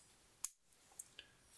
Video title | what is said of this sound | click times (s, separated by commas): Building a Dune Buggy: Intro Unboxing and Knolling | it's a nice satisfying snap very difficult to get apart | 0.4 s